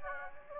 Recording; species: mosquito wingbeat signal from an infrared sensor; Anopheles gambiae